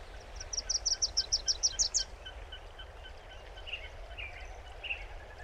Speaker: Here's a Wilson's warbler singing.